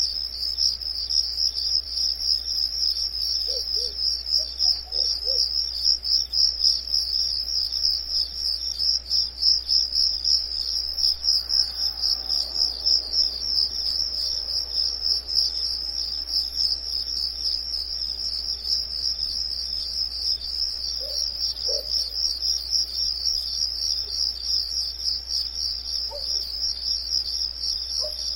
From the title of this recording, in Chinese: 夜晚的蛐蛐和狗叫声